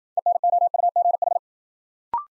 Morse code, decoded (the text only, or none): ENOUGH